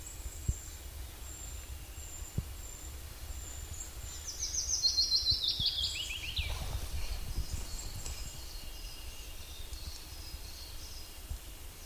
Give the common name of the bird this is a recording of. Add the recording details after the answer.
Willow Warbler. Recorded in the wild. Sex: male. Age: adult. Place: Halbinsel Kindo, Karelien, RU. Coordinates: 66.5503, 33.1017. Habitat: taiga. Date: 1991-07-23. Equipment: Uher 4000 Report Monitor ME 80, K 30 AV, Original. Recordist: Frommolt, Karl-Heinz